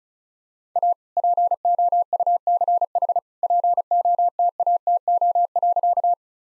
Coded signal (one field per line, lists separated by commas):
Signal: Morse code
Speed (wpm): 34 wpm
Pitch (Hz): 700 Hz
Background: none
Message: A POUCH POTATO.